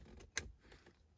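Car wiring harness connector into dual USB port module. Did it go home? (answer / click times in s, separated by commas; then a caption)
yes / 0.4 s. A Volvo's wiring harness connector is pushed into the back of a new dual USB port module, replacing the single USB port, with faint handling rustle around it. A single sharp plastic click at 0.4 s stands out as the loudest sound, and the connector is seated.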